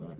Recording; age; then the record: pig call; piglet (1 to 25 days)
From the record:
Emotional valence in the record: negative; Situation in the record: short isolation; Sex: female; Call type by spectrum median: low-frequency call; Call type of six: low-frequency tonal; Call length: 0.20 s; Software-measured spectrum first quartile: 169 Hz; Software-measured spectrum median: 255 Hz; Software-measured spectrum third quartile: 510 Hz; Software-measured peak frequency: 172 Hz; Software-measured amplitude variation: 118 dB a second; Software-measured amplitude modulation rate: 20.0 a second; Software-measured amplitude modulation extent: 5.9 dB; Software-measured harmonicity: 2.1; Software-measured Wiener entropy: 0.03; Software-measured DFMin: 922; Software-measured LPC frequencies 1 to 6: 3165, 4428, 5796, 6921, 8067, 8976 Hz